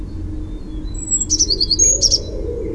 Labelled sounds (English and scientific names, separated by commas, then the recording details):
Eurasian Blue Tit (Cyanistes caeruleus)
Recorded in Germany
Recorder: ecoPi